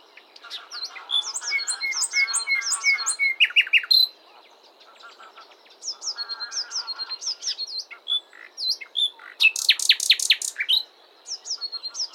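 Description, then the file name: Common nightingale singing varied phrases of high whistles, harsh chattering notes and rapid loud rattling trills, broken by short pauses. "Luscinia megarhynchos"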